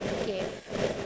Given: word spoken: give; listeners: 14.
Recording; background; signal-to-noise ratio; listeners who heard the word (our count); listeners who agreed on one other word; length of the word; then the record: one English word in noise, from a listening test; noise modulated by three-talker babble; -5.7 dB; 6 of 14; 7 of 14; 0.66 s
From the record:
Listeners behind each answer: 7, 6, 1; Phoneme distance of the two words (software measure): 17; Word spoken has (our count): 1 syllable, 3 phonemes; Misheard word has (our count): 1 syllable, 4 phonemes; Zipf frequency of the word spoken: 5.86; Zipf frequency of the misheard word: 4.44